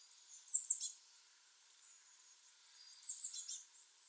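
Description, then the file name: Eurasian blue tit calls: two brief clusters of high, thin notes separated by a pause of about two seconds, with faint hiss between. "Cyanistes caeruleus"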